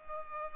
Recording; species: mosquito wingbeat signal from an infrared sensor; Culex pipiens